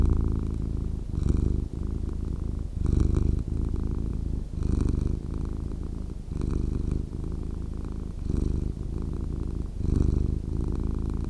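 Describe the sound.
Cat purring, a deep steady rumble rising and falling with each breath, continuous throughout.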